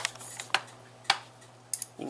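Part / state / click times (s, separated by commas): handle extension pole screwed into the sweeper handle joint / seated / 0.5 s, 1.1 s, 1.7 s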